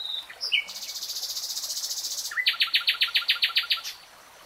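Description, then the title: Nightingale song: a brief whistled note, then a long buzzy high trill, then a series of loud pulsed notes in quick succession. Real-time recording. "[Tiếng chim hót] REALTIME Nightingale Singing"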